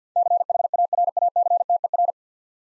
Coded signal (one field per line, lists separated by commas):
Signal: Morse code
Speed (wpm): 50 wpm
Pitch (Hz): 700 Hz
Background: none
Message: CHARACTER